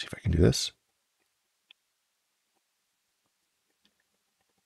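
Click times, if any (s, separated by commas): 1.7 s, 3.8 s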